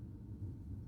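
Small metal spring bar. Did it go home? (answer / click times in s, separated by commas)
no / none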